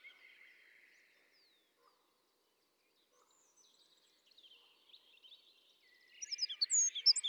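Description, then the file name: Eurasian wren song: a short buzzy phrase, a long quiet gap with faint ticks, then loud rapid high-pitched trills and sharp notes at the end. "Troglodytes troglodytes 310606"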